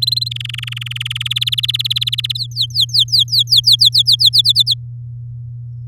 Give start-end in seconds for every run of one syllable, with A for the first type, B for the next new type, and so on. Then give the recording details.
0.02-0.29 A, 0.31-1.23 B, 1.25-2.32 C, 2.35-4.29 D, 4.33-4.74 E. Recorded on 7 May 2018 at 11:07. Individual llb16